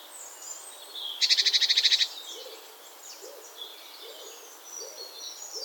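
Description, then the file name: Great tit churring call: a loud rattle of about ten rapid harsh notes lasting under a second, with other birds twittering and soft low hoots behind. "Parus major"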